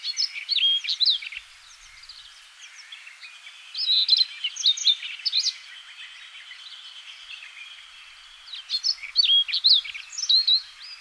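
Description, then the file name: Siberian rubythroat song: bursts of rich, varied warbled phrases, high and fluty, coming in three separate spells with quieter pauses between them. Recorded in Hokkaido, Japan, on 24 June 2005. "nogoma 050624 hokkaidou kaji"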